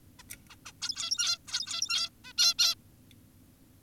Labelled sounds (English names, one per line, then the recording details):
Zebra Finch
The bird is an adult
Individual g17y2U